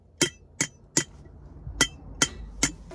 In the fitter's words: if your Beer's overflowing you close it it's got a nice satisfying click